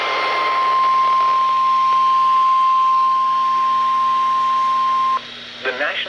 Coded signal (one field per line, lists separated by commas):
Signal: Emergency Alert System (SAME) tones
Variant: 1050 Hz attention tone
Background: speech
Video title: STARTING IT OFF RIGHT... EAS Alerts from 6/1/18 (EAS #1,186 - 1,209)